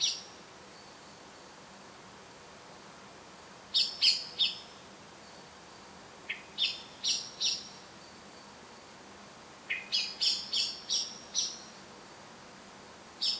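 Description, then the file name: Eurasian blackbird giving sharp, high clicking calls in bursts of several, with pauses of a few seconds between bursts, over a steady quiet hiss. "Turdus merula"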